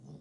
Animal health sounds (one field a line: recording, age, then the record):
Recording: pig call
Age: piglet (1 to 25 days)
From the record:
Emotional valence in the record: negative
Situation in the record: long isolation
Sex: female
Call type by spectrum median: low-frequency call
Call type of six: low-frequency stable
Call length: 0.20 s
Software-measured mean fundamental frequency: 48 Hz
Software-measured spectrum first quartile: 150 Hz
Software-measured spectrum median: 219 Hz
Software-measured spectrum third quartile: 506 Hz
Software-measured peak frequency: 147 Hz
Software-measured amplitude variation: 108 dB a second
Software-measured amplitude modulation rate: 17.3 a second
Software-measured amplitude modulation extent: 6.3 dB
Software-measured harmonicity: 8.9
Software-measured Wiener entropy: 0.21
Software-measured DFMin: 1340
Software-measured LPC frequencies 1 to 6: 3577, 5300, 6114, 6789, 9419, 10800 Hz